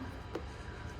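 A new right-side door projection light is slid into its recess in the door trim housing of a Cybertruck door and snaps into place with one short, sharp click at 0.4 s, heard over a steady low hum. The light is seated.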